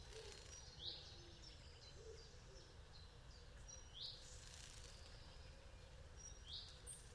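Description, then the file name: Common chaffinch calls: three brief, sharp, downslurred notes spaced a few seconds apart against constant low background noise. "Fringilla coelebs"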